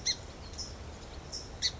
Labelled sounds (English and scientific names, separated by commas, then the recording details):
California Towhee (Melozone crissalis)
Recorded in Sonoma County, California